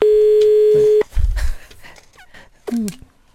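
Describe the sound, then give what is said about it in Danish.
A steady, loud telephone dial tone hums for about a second, then cuts off into a low thump, scattered clicks and brief chirping, warbling sounds as a number is dialed to call a butcher. “Vi ringer lige op en gang, Peter, vi ringer lige op. Til slagter Lars igen.”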